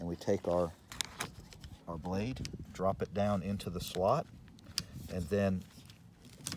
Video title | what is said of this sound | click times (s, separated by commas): Fiat 500 OEM wiper blade change | it back, and now it's locked in place with this little clip. | 6.5 s